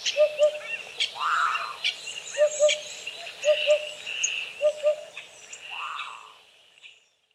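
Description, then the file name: Eurasian hoopoe giving soft doubled hoots, repeated in pairs every second or two, amid a busy chorus of other birds. "DUDEK"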